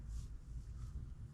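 A small spring is handled during reassembly of an Okuma EPIX eb60 spinning fishing reel, before it is pushed back into its seat. Only a steady low rumble and faint broadband hiss are heard, with no distinct transient. Nothing has seated or clicked yet.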